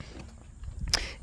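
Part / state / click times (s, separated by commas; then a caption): car door latch into striker on the door pillar / partly seated / 0.9 s. The driver's-side door of a 1978 roadster is swung closed, and its latch meets the striker on the door pillar with one sharp click at 0.9 s over faint low background rumble. The latch catches only on the first click and does not go fully home, so the door is not fully latched and has to be lifted.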